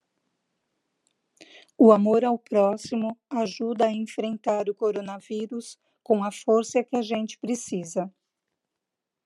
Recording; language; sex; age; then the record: spoken sentence; Brazilian Portuguese; female; 50 to 59 years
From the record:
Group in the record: control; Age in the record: 56 years